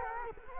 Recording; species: mosquito wingbeat signal from an infrared sensor; Culex quinquefasciatus